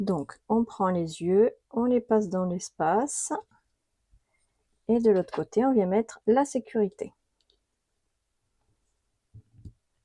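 Someone talks while a plastic safety eye is pushed through a gap in a crocheted plush head and its plastic locking washer is brought onto the stem from the inside. A few faint handling sounds follow near the end, but the washer has not yet snapped into place and nothing has clicked.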